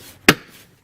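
A plastic kick panel cover on a 2006 Lincoln Mark LT truck is lined up and pushed back into its trim clips in the passenger-side footwell. A single sharp, loud snap rings out at 0.3 s over quiet background. The snap shows the cover has popped into place and seated.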